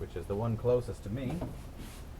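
The shortest ignition (spark plug) wire boot on a Honda Acty is handled and brought toward its terminal on the new distributor cap. Someone talks, followed by quieter handling noise. Nothing has seated or clicked yet.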